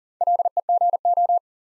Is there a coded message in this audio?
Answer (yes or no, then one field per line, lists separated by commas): yes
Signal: Morse code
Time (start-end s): 0.2-1.4 s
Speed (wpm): 40 wpm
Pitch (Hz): 700 Hz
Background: none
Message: LEGO